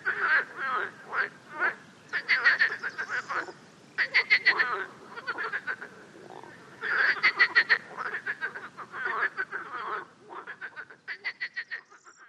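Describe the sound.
Frog chorus of quick rattling croaks in irregular bursts, with short gaps between volleys.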